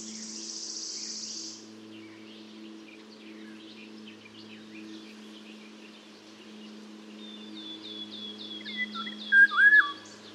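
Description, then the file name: Eurasian golden oriole song: a single liquid whistled phrase at the end, while another bird gives a run of thin high repeated notes; a buzzy trill opens. "Mathias Ritschard - Obyknovennaya ivolga Oriolus oriolus"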